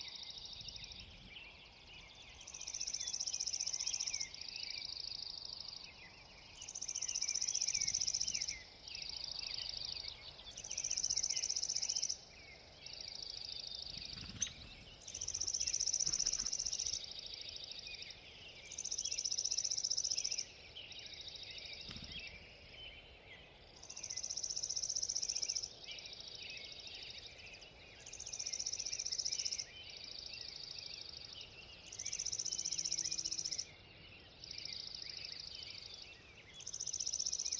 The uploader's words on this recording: Long Dawn. Recently I had the pleasure to spend several days recording on the wonderfully-named Skull and Crossbones Ridge in the Loomis Natural Resources Conservation Area in Okanogan County. Subalpine wet meadow, mountain sagebrush scrub, and forest consisting of Lodgepole Pine, Subalpine Fir, and Alpine Larch.